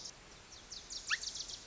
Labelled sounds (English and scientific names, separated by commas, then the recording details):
Wilson's Warbler (Cardellina pusilla)
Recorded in Sonoma County, California